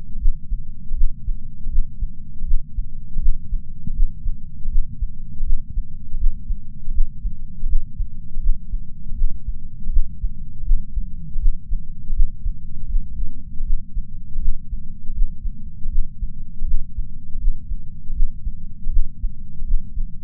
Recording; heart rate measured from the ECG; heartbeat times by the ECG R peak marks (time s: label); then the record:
heart sounds by patch sensor on the chest; 80 bpm
0.19 s: heartbeat
0.95 s: heartbeat
1.70 s: heartbeat
2.45 s: heartbeat
3.20 s: heartbeat
3.94 s: heartbeat
4.70 s: heartbeat
5.44 s: heartbeat
6.18 s: heartbeat
6.92 s: heartbeat
7.67 s: heartbeat
8.41 s: heartbeat
9.15 s: heartbeat
9.91 s: heartbeat
10.65 s: heartbeat
11.39 s: heartbeat
12.14 s: heartbeat
12.87 s: heartbeat
13.64 s: heartbeat
14.40 s: heartbeat
15.13 s: heartbeat
15.90 s: heartbeat
16.66 s: heartbeat
17.39 s: heartbeat
18.14 s: heartbeat
18.91 s: heartbeat
19.65 s: heartbeat
From the record:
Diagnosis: coronary artery disease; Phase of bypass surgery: postoperative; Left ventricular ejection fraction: 56.9%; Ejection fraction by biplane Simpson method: 47.5%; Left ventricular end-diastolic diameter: 47 mm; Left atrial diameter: 37 mm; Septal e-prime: 6 cm/s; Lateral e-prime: 7.9 cm/s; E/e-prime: 12.2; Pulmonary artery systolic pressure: 37 mmHg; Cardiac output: 5.2 L/min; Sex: female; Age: 68 years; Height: 161 cm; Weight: 66.6 kg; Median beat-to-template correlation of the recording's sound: 0.94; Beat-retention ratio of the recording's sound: 0.98